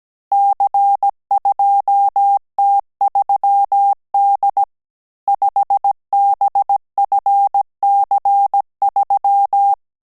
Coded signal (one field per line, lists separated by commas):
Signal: Morse code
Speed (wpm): 17 wpm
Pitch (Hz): 800 Hz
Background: none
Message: C2T3D 5BFC3